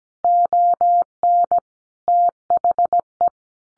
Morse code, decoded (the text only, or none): ON THE